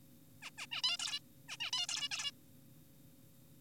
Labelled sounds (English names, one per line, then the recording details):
Zebra Finch
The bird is an adult
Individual g4p5U